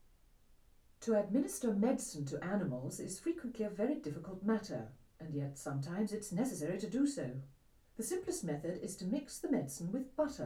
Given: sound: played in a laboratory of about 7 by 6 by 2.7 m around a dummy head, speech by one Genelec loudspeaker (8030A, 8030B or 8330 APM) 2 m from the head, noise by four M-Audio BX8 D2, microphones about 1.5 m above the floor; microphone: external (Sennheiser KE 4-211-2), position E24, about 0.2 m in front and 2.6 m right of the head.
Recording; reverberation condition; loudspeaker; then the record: female speech in English; low; in front (0 degrees)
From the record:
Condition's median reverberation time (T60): about 310 ms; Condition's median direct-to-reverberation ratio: about 3.5 dB